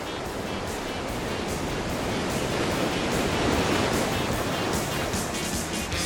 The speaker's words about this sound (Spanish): Para Ana, faltaba ya nada para anclar, mas la mar, brava, brava, lanza a la playa a la fragata, la vara.